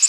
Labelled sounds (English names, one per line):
Connecticut Warbler flight call